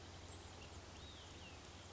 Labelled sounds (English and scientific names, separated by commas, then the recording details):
Olive-sided Flycatcher (Contopus cooperi)
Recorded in Sonoma County, California